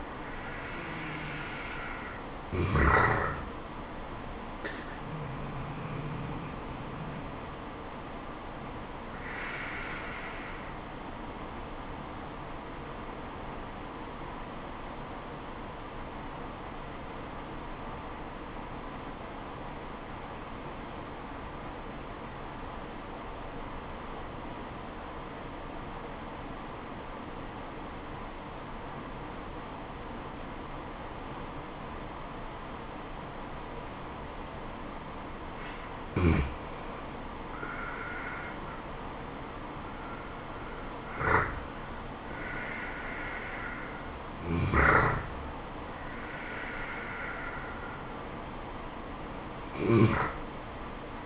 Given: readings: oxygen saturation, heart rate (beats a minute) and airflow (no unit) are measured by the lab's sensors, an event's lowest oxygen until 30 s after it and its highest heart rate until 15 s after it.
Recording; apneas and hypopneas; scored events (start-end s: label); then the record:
breathing in sleep by a voice recorder at the bedside; 1
11.00-37.70 s: obstructive apnea (N2, oxygen 96% highest, then 85% lowest, heart rate 70 at the start, 80 highest)
31.00-51.26 s: new sleep stage, N1 (lightest sleep)
From the record:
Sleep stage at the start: N2 (light sleep); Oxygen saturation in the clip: 82 to 96%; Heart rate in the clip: 69 to 80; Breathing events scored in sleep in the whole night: 426 in 7.4 hours asleep